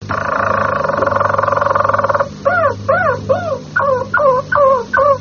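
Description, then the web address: Harz Roller canary singing a smooth continuous roll for about two seconds, then a series of rapidly repeated slurred, bubbling notes. "canarios cantoharz"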